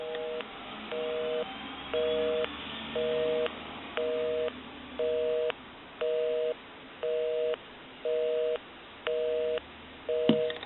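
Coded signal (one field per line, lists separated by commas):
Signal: telephone call progress tone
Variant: North America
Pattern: busy tone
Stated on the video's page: A Tectel country line wood wall telephone during its initial checkout and repair.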